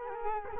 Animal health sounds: mosquito wingbeat signal from an infrared sensor; Culex quinquefasciatus

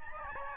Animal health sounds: mosquito wingbeat signal from an infrared sensor; Aedes albopictus

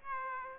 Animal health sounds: mosquito wingbeat signal from an infrared sensor; Aedes aegypti

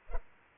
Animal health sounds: mosquito wingbeat signal from an infrared sensor; Culex pipiens

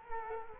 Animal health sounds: mosquito wingbeat signal from an infrared sensor; Culex quinquefasciatus

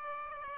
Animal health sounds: mosquito wingbeat signal from an infrared sensor; Aedes aegypti

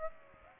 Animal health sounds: mosquito wingbeat signal from an infrared sensor; Aedes aegypti

